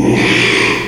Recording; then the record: squeal of a Yucatan mini pig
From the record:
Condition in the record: after surgery on the right vocal fold (resection and tissue-engineered implant); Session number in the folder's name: 1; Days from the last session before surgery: 6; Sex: male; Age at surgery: 12 weeks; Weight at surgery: 13 kg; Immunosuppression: cyclosporine, prednisolone